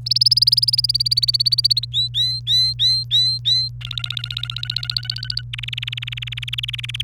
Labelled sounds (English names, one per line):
Domestic Canary song